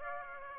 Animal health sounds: mosquito wingbeat signal from an infrared sensor; Aedes aegypti

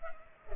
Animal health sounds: mosquito wingbeat signal from an infrared sensor; Culex pipiens

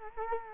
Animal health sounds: mosquito wingbeat signal from an infrared sensor; Culex quinquefasciatus

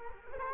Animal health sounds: mosquito wingbeat signal from an infrared sensor; Culex quinquefasciatus

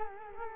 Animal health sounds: mosquito wingbeat signal from an infrared sensor; Culex quinquefasciatus

